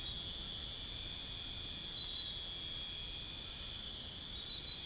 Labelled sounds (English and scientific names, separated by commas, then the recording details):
none
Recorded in secondary vegetation near Puerto Asís, Putumayo, Colombia, on 21 March 2025 at 00:00
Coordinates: 0.489, -76.322
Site G042